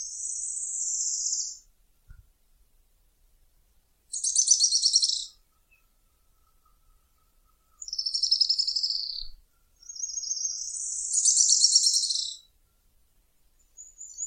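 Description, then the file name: Araucaria tit-spinetail singing high, fast trills in four bursts, the first already under way, separated by pauses, then the start of a fifth. "canto do grimpeiro"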